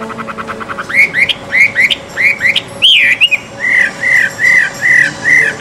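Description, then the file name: Chinese hwamei song of rich slurred whistles, ending in a steady row of similar arched notes, over a low hum. Song at a bird gathering. "audio gathering hwamei. omkicau"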